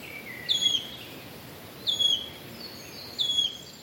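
Wood warbler calls: three plaintive descending whistles, about one and a half seconds apart, over a soft hiss.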